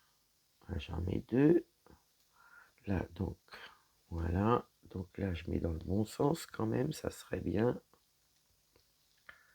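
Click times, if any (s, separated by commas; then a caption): 9.3 s. Someone talks while pressing a plastic mini building brick onto a brick assembly in the correct orientation. A single click is heard at 9.3 seconds, and the brick only just engages.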